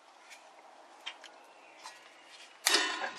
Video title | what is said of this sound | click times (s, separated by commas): Grampa's Garage #137 Wheel Cylinder pt 4 | the tool on the pin and pull you'll see the spring slide and snap | 2.7 s